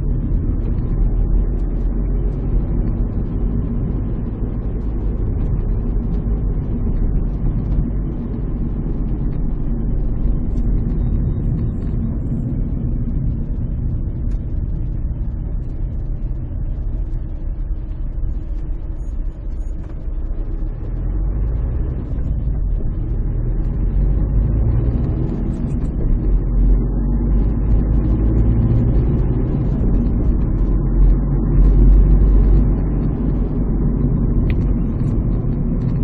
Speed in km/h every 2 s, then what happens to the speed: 36, 40, 39, 36, 31, 28, 16, 12, 9, 8, 16, 23, 35, 45, 48, 52, 50, 42.
2-18 slows to 8. 18-31 speeds up to 52. 31-36 slows to 42.